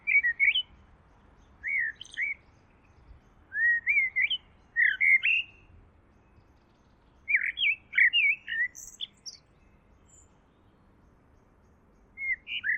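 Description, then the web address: Bird song of short whistled notes and rising slurs given in loose clusters, a quick run of several notes, then a gap, then another run. "cianscape birddata Deverinetal 2025 File origin Bird Only Tu Me Tu Me"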